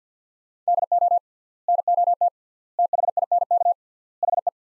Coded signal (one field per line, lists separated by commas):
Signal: Morse code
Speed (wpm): 50 wpm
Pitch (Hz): 700 Hz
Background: none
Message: DO NOT THINK HE